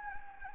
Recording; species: mosquito wingbeat signal from an infrared sensor; Anopheles gambiae